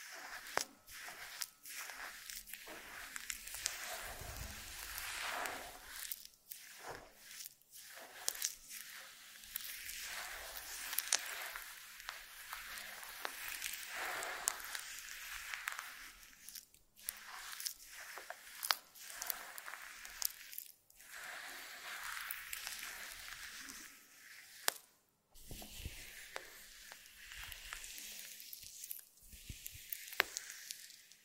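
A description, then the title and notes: Jelly being squished and handled, with wet, crackly squelches in short bursts that come every second or two. The texture is bright and fizzy, with brief quiet gaps, a sharp dropout near 25 seconds, and louder squishes around 17 and 21 seconds. ASMR Stress Relieving Jelly Sounds For Sleep.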